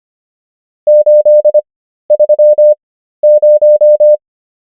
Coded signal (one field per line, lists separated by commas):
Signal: Morse code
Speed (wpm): 25 wpm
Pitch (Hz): 600 Hz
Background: none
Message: 830